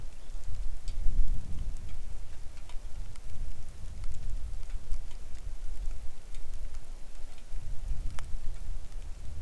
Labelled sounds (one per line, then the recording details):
wind
rain
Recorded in the Arctic National Wildlife Refuge, Alaska, on 3 August 2019 at 10:08
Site 41